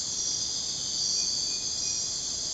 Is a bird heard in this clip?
no